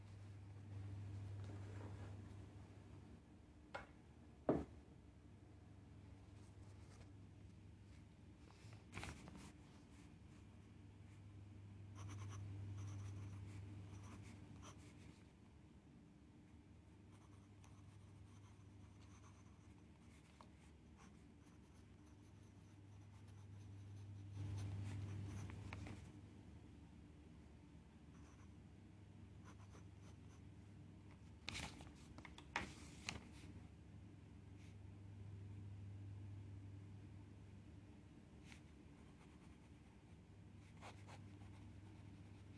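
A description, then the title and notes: Pencil scribbles softly over a low hum that swells every few seconds, broken by sharp taps or page flips around 4, 9, 25 and 32 seconds. This is a 45 minutes study session with scribbling and page turning ASMR.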